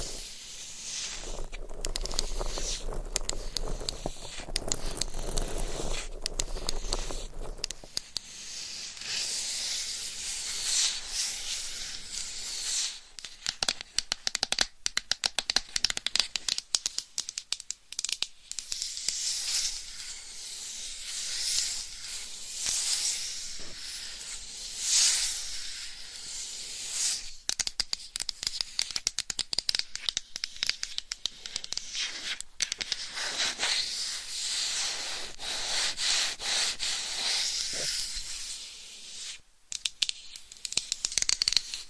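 Scratching and tapping fill the whole recording as a dense, bright, hissing rasp broken by many quick, irregular taps. The first eight seconds carry a fuller, lower rubbing sound with a faint hum beneath; after that the scratching stays thin, busy and steady, briefly dropping near the end.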